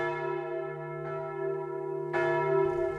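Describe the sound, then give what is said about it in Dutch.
Deep, powerful bells of the Dom tower ring out with sustained, overlapping tones, a fresh strike entering about a third of the way in and another, louder one near the end, no voices. “Hoor je hem slaan? Hoor je hem bijeren? Hoor je die machtige klokken? Dat moet de Dom zijn.”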